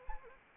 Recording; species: mosquito wingbeat signal from an infrared sensor; Anopheles arabiensis